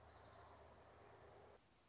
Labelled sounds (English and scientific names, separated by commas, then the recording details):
Orange-crowned Warbler (Leiothlypis celata)
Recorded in Sonoma County, California